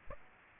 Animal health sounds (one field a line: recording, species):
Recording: mosquito wingbeat signal from an infrared sensor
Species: Aedes aegypti